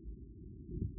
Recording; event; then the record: neck accelerometer signal played as sound; no cough (speech, laughter, throat clearing or background)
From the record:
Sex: female